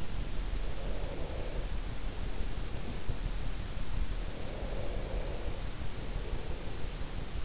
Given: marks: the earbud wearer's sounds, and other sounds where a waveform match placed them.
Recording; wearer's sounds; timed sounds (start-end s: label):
sounds in sleep by an in-ear microphone; breath
0.76-3.23 s: breath
4.30-7.29 s: breath